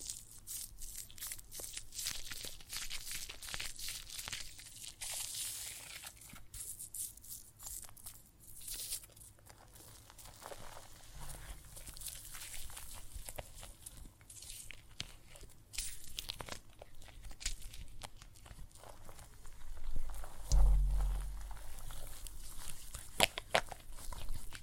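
Soap foam fizzes and crackles with dense, irregular tiny pops and bright hissing bursts throughout, like bubbles bursting. Soft low rumbles appear around eleven seconds, and a stronger, louder low thump lands near twenty-one seconds.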